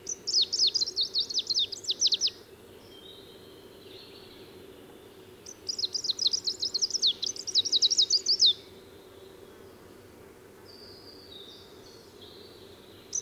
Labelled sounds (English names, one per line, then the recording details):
Greenish Warbler song
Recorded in the wild
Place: Sassnitz, Insel Rügen, Mecklenburg-Vorpommern, DE
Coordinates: 54.565, 13.615
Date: 1978-05-31
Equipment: Nagra III BH, Sennheiser MD 21, parabola
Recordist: Schubert, Michael